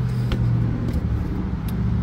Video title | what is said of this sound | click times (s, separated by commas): Failed Secondary Air Injection Valves: 2010 Toyota Tundra SR5. | press lock into place and now it's time to crank the truck up and see the | 0.3 s